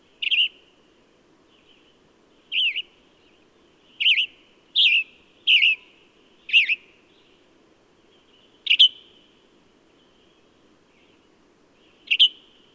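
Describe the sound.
A bird repeats short, high, slurred chirps, eight in all, bunched in the middle and spaced out toward the end, over a faint low hum.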